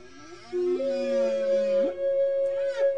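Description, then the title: Whale calls: a low tonal moan steps upward, then a long steady harmonic tone holds with a rising sweep near the end, richly overtoned throughout. Whales at Península Valdés. "Ballenas PenÃnsula ValdÃ©s"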